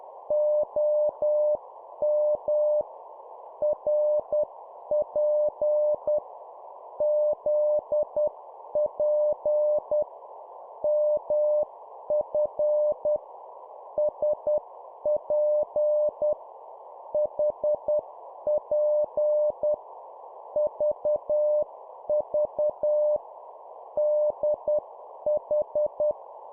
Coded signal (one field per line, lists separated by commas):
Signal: Morse code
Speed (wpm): 10 wpm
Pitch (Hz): 600 Hz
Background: none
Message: OM RP ZP MF SP HP VV DH